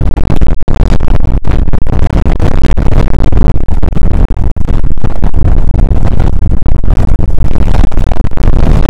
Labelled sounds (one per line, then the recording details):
wind
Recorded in the Prudhoe Bay oil fields, Alaska, on 2 August 2019 at 01:30
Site 29